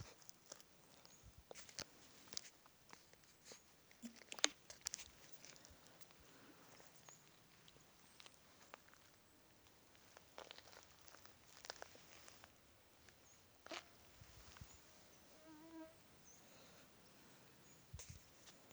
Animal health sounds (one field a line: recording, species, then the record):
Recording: mosquito flight sound by mobile phone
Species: Aedes sierrensis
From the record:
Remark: several mosquitoes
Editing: field recording with all noises